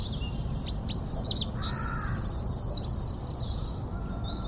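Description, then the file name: Eurasian wren song, a burst of sharp high notes, a quick undulating trill and a buzzy rattle, with a faint lower call briefly beneath. "Troglodytes troglodytes"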